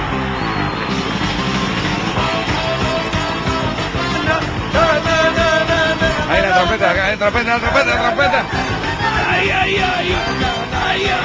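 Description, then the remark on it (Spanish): Several people shout and yell over one another in a radio studio in a loud, continuous clamor, voices overlapping in a chaotic babble with occasional whoops rising above the din. “¿Os queréis callar ya con tanto grito?”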